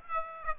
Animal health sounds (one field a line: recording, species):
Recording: mosquito wingbeat signal from an infrared sensor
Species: Aedes aegypti